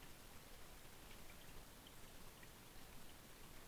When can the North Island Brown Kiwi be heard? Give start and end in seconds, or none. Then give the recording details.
none. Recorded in New Zealand on 25 November 2015. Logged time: 01:28. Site CH66